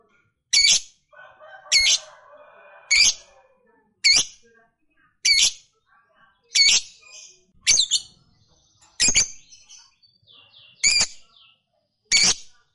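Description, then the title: Lovebird giving loud, harsh, rasping call notes about once a second, each short and buzzy, with fainter sounds between them. Fighter-type lovebird giving a long chattering ngekek call. "Begitu Dengar Suara Lovebird FIGHTER NGEKEK PANJANG"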